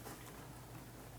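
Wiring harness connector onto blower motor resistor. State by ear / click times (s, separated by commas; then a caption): not seated / none. A wiring harness connector is lined up and pushed toward the new blower motor resistor on a 2005-2007 Ford Five Hundred. Only a steady low hum and faint handling noise are heard, with no sharp transients. Nothing has clicked or seated yet.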